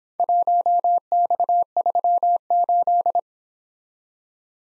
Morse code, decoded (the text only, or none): 1X38